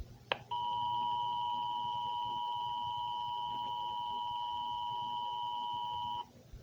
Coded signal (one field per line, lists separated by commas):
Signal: Emergency Alert System (SAME) tones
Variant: 853 and 960 Hz attention tone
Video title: "Radioactive tornado" (eas scenario)